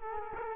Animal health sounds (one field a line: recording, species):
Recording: mosquito wingbeat signal from an infrared sensor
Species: Culex quinquefasciatus